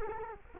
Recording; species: mosquito wingbeat signal from an infrared sensor; Culex quinquefasciatus